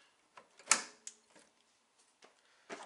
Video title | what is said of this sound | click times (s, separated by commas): My First Computer Build Part 3 - Full Assembly | Hear the pop. It's ready to go. | 0.7 s